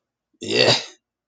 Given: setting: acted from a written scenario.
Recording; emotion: vocal sound without words; disgust